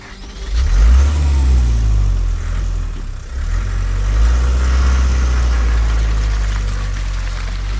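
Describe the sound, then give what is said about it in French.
A car engine turns over and rumbles, then revs with a steady low droning pitch that rises and falls as the vehicle pulls away at dawn, with no voices. “Le dos en compote, les reins en marmelade, des calomins, de la boue sur les vêtements, il regagne sa voiture et disparaît aussitôt.”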